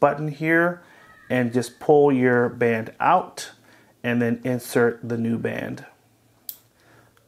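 Someone talks while a new band is slid into the case slot of a Fitbit Versa 4 smartwatch and pushed in. A sharp tick comes at 6.5 s as the watch band snaps into place and is seated.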